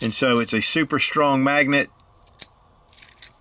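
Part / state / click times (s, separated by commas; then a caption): magnetic key fob half into its mating magnetic base / seated / 2.4 s. Someone talks, then a magnetic key fob half is brought to its mating magnetic base and the strong magnet pulls the magnetic key holder shut with a sharp snap at 2.4 s. A few faint light clicks follow near 3.0–3.2 s, and the holder is seated and locked into place.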